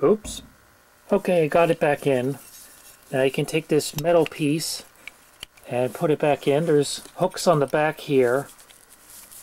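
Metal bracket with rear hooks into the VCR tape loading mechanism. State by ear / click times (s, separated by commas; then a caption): not seated / none. A metal bracket with hooks on its back is being handled for refitting into the tape loading mechanism of a Beta VCR while someone talks. A few brief metallic taps and knocks sound between the words, but nothing has seated or clicked into place yet.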